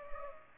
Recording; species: mosquito wingbeat signal from an infrared sensor; Culex pipiens